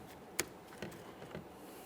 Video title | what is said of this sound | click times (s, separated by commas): How to Replace Front Exterior Door Handles 2004-2008 Ford F-150 | Just want to align this, press it in, listen for a click. | 0.4 s